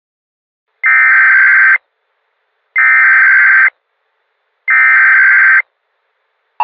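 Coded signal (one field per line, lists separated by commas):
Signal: Emergency Alert System (SAME) tones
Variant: header bursts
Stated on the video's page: Fictional alert, not a real activation.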